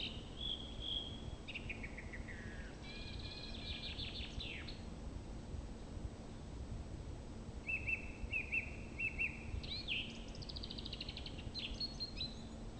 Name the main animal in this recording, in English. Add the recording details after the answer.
Song Thrush. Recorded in the wild. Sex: male. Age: adult. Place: Spittal an der Drau, Oberkärnten, Baden-Württemberg, DE. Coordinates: 48.5167, 9.01667. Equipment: Hornyphon, Phillips Mikrofon. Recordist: Brunner, Thomas. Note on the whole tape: Frühjahr 1966, auf dem Weg zur Kuck Alm aufgenommen